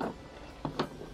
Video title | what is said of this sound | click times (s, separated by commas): DIY Electric Surfboard Upgrades | right Clips on Lovely it's not moving anywhere | 0.7 s, 0.8 s